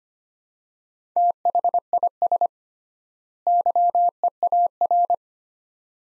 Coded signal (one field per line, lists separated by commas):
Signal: Morse code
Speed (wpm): 25 wpm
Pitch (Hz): 700 Hz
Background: none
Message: THIS YEAR